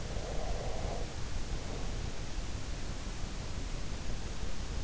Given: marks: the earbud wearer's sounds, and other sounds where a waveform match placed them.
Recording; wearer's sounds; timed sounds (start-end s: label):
sounds in sleep by an in-ear microphone; breath
0.09-2.46 s: breath